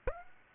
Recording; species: mosquito wingbeat signal from an infrared sensor; Aedes aegypti